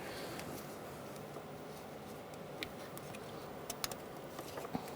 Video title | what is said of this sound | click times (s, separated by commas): How to Replace Coolant Temperature Sensor 2004-2009 Mazda 3 | Make sure you hear that click. All right. | 3.8 s